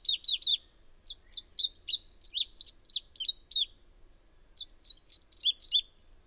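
Bird song, high twittering bursts of quick chirps and short trills in three phrases split by brief pauses, with no other sounds.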